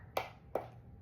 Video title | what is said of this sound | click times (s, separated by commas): Temu Haul | Do you hear that click? You just click it and it comes down and | 0.2 s, 0.6 s